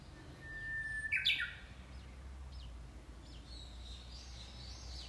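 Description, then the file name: Japanese bush warbler song: a long steady whistle followed by a quick tumbling, descending flourish, over a low background rumble. "ウグイス"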